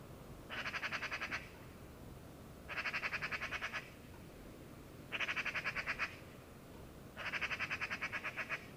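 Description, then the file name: Eurasian magpie giving harsh rattling chatters, four bursts of rapid dry notes, each about a second long and spaced roughly two seconds apart. "Pica pica"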